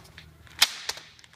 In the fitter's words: Once you hear the click, it's open.